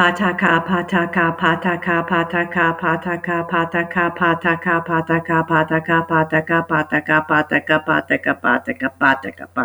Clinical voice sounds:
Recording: repeated syllables /pa ta ka/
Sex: female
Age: 60 to 69 years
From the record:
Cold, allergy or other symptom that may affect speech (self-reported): no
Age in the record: 60 years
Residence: United States

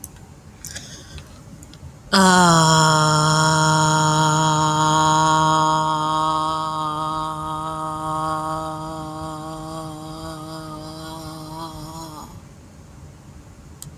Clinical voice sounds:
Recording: vowel held as long as possible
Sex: female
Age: 40 to 49 years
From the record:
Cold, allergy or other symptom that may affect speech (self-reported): no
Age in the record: 42 years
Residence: Georgia, United States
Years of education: 16

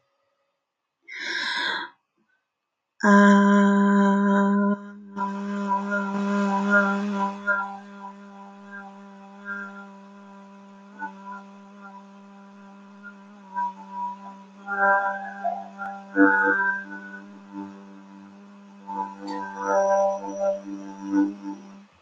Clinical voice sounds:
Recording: vowel held as long as possible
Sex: female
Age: 30 to 39 years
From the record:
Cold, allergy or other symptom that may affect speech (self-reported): no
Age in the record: 35 years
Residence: New York, United States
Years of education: 14

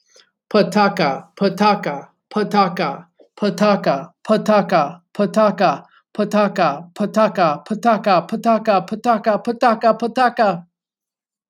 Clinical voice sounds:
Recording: repeated syllables /pa ta ka/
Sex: male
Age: 40 to 49 years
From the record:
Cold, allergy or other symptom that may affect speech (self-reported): no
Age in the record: 41 years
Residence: Virginia, United States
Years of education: 21

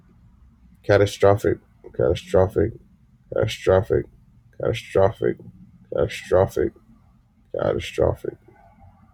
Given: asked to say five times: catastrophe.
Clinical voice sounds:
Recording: repeated word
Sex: male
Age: 20 to 29 years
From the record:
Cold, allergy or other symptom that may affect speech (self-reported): no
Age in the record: 21 years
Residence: Massachusetts, United States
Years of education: 16

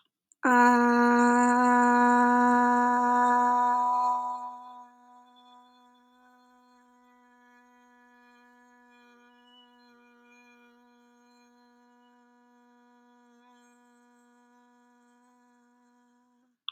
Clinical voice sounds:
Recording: vowel held as long as possible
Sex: female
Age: 20 to 29 years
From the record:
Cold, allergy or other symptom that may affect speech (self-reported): no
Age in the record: 29 years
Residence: Massachusetts, United States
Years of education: 20

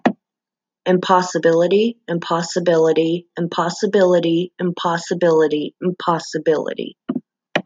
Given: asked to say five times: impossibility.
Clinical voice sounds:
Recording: repeated word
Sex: female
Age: 30 to 39 years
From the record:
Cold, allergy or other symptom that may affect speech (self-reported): no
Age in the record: 35 years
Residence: Nebraska, United States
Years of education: 12

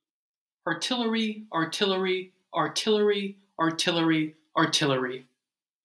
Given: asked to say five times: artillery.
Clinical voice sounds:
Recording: repeated word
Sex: male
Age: 20 to 29 years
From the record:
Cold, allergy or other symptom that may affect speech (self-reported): no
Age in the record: 23 years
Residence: Virginia, United States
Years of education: 16

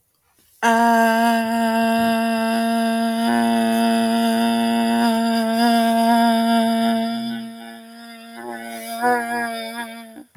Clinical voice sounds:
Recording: vowel held as long as possible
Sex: female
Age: 20 to 29 years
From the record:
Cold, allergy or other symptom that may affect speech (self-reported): no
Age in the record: 28 years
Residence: United States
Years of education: 12

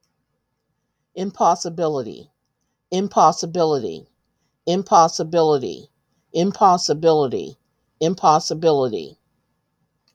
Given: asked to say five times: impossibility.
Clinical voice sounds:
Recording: repeated word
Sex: female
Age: 60 to 69 years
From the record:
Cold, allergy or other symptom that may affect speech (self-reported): no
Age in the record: 64 years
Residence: Ohio, United States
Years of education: 15

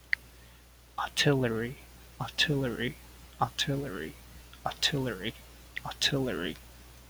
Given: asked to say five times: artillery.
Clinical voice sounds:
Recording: repeated word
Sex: male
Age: 30 to 39 years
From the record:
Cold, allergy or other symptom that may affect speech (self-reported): no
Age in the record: 32 years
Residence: New York, United States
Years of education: 16

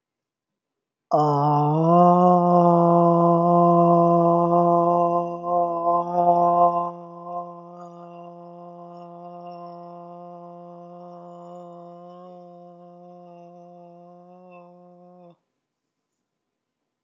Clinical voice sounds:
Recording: vowel held as long as possible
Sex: male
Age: 30 to 39 years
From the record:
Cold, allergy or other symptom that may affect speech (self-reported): no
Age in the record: 34 years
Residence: Kentucky, United States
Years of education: 14

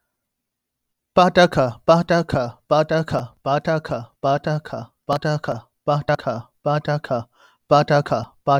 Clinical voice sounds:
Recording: repeated syllables /pa ta ka/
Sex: male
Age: 20 to 29 years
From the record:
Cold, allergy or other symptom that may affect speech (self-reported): no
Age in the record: 24 years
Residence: North Carolina, United States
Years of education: 18

